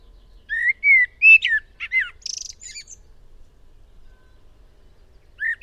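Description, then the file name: Eurasian blackbird song: a few mellow, fluting whistled notes followed by a short high, squeaky twitter, then a new whistled phrase begins at the end. "Turdus merula"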